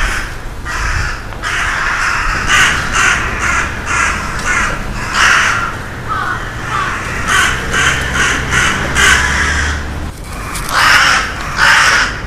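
Crows cawing in harsh, hoarse bursts, calls overlapping and repeating in clusters throughout with short pauses between runs, over a low steady background rumble.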